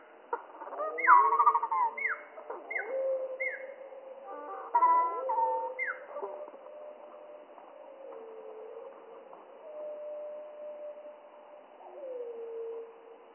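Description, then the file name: Spotted flycatcher song, slowed down: a run of falling swooping whistles in the first seconds, then softer, low, drawn-out tones. Song slowed down by three octaves, mono recording. "GOBE MOUCHE GRIS MOINS TROIS OCTAVES MONO"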